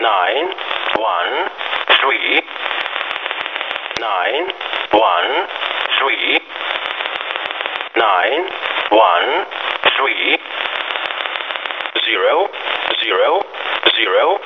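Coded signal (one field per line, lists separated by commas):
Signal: numbers station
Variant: E07a English Man, English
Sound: synthetic male voice reading English digits, one three nine, zeros, through noisy shortwave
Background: radio static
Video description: Russian E07a "English Man" number station at 6922 kHz. The "913" is likely the field agent number. The "000" code is a null message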